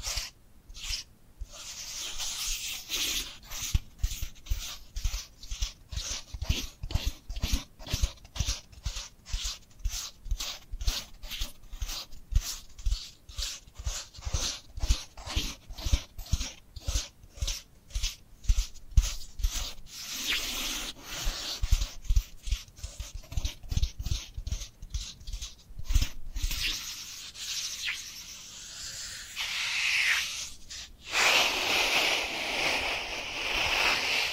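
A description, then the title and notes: Dry hands rub together in quick, regular back-and-forth strokes, each one a short rasping swish, for most of the stretch. Around 27 seconds the rhythm stops and gives way to a steadier, softer rubbing with a few faint squeaks near the end. ASMR Dry Dry Dry Hand Sounds to Beat Your Tingle Immunity (No Talking).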